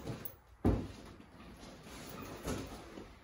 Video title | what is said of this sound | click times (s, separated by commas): Which ice shanty should you buy? | But then you just walk inside and listen for the click. | 0.6 s